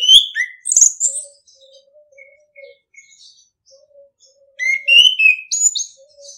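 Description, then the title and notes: Orange-headed thrush singing bursts of varied whistles and high twitters, separated by soft low piping notes. Masteran (training) song in the ngeplong style. "ANIS KEMBANG NGEPLONG. Masteran Anis Kembang"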